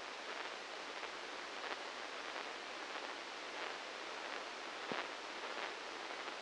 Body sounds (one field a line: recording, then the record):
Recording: brain microelectrode recording played as sound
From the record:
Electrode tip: inside the subthalamic nucleus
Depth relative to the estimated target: -2 mm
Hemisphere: left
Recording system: NeuroSet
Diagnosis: Parkinson's disease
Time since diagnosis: 15 years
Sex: male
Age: 65 years